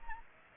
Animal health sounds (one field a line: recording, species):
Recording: mosquito wingbeat signal from an infrared sensor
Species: Aedes aegypti